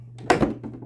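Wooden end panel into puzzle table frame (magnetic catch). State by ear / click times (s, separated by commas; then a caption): seated / 0.3 s. A removable wooden end panel of a jigsaw puzzle table is pushed onto the table frame, where magnets hold it. Under a low steady hum, it snaps into place with a sharp thunk at 0.3 s and a softer knock right after. The panel is seated.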